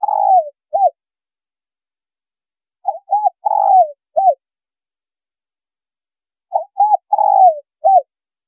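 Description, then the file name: Spotted dove repeating its cooing phrase: the end of one phrase, then two full phrases, each a pair of quick notes, a long sliding coo and a short final hoot. Female bird. "Tieng cu gay mai"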